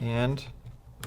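The detachable feed neck of a Tippmann 98 Custom Platinum Series Ultra Basic paintball gun is being handled onto the receiver, wiggled onto its two bottom pins and rotated up toward the front sight, while someone talks. Brief handling taps are heard near 1.0 and 1.1 seconds, but the feed neck has not yet latched or clicked into place.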